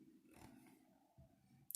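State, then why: Seated. The flintlock firing mechanism (lock) of a trapper pistol kit is fitted into the wooden stock, needing no work. Quiet scraping and handling sounds lead up to a sharp, bright click at 1.7 s as the lock snaps right into place.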